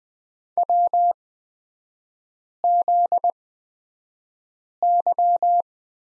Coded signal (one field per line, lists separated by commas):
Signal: Morse code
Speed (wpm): 20 wpm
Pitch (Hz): 700 Hz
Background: none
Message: WZY